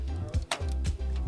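A heavy graphics card is lined up with the top x16 PCIe slot on a motherboard and pressed down until the slot's retention latch clicks sharply at 0.5 s, over a steady low hum. The card is confirmed seated.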